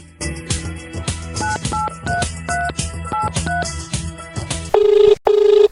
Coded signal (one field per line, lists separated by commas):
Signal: DTMF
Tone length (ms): 170 ms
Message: 983383